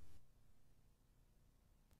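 The folded split rear seat backrest of a BMW E46 3-series sedan or coupe is lifted back toward its upright position and its seat latch, with a brief low handling rumble at the start followed by a quiet stretch and one faint sharp hit near 1.9 s. The backrest has not yet latched or clicked into place.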